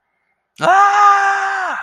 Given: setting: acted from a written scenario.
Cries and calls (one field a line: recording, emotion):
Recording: vocal sound without words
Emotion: distress